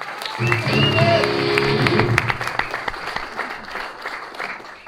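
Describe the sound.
Steady audience applause for the band's guitarist at a concert in the Auditorio Universidad Santo Tomás, Concepción, with dense, crackling clapping that carries on for several seconds, joined early by a loud voice or harmonic tones over the clapping, then tapering slightly toward the end.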